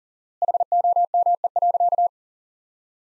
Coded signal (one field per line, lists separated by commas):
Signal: Morse code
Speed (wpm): 40 wpm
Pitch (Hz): 700 Hz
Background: none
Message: HOME.